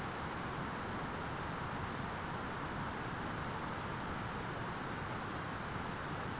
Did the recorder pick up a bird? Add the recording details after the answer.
no. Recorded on Arctic tundra, site ZACK-1, on 13 June 2019. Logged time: 03:49